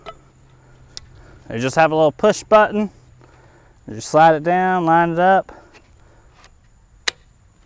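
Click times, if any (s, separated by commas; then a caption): 7.1 s. Someone talks while a push-button handle is slid down and lined up with its mounting socket, with a few faint taps in between. The handle is then pushed home and seats with one sharp click at 7.1 seconds, clicking into place.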